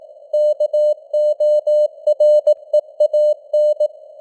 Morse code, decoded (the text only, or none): KOREAN